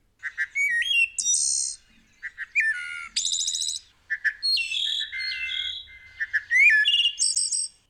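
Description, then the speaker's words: Wood thrush song: short phrases of clear fluting notes, some rising and some falling, with brief pauses between them. Can make two sounds at once, singing rising and falling notes at the same time; described as sounding a little like an alien. "Some birds, like the wood thrush, which can sound a little bit like an alien, can even sing rising and falling notes at the same time. Listen to some of their songs."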